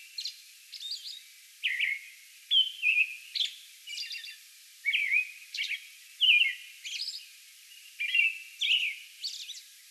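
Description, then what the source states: American robin caroling in short rising and falling whistled phrases, separated by high thin hissing notes, in a steady unhurried rhythm. Song bout recorded May 11.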